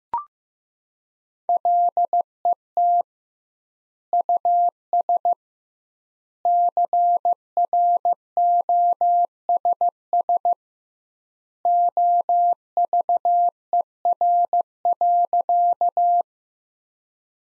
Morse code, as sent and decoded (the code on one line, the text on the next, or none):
.-.. . - / ..- ... / -.-. .-. --- ... ... / --- ...- . .-. .-.-.-
LET US CROSS OVER.